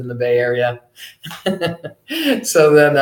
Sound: laughs